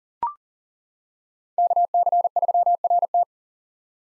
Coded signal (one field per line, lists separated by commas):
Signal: Morse code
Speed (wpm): 40 wpm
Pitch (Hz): 700 Hz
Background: none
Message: KC3RT